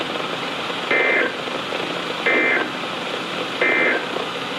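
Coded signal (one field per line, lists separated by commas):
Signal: Emergency Alert System (SAME) tones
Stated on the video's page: NOAA weather radio alerts from transmitters on 162.450 and 162.475 MHz, received on Sangean CL100, Reecom R1650 and Midland WR120EZ radios.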